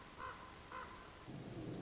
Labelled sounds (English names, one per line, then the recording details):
Common Raven
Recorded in Sonoma County, California